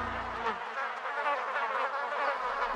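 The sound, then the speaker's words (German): A dense, continuous insect buzz from a locust swarm, a steady mass of whirring wings with no pauses and no voices. “dachten Sie eigentlich, dass ein einziger Heuschreckenschwarm aus mehr als einer Milliarde Tieren bestehen kann und jede Heuschrecke dazu imstande ist, ihr eigenes Körpergewicht an Nahrung pro Tag zu vertilgen?”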